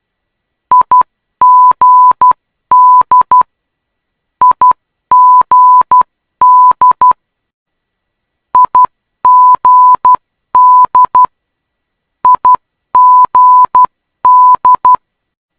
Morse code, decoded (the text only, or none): IGD IGD IGD IGD